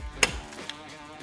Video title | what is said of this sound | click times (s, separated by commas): How to replace the toner on your Xerox machine: Xerox® C315 Color Multifunction Printer | you push straight down on the black part with your finger until it clicks | 0.2 s